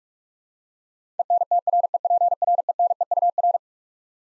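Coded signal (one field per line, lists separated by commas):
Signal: Morse code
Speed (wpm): 45 wpm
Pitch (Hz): 700 Hz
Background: none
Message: ENTREPRENEUR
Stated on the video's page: Computer-generated 45 wpm Morse head-copy practice of twelve-letter words, each sent, spoken, then sent again.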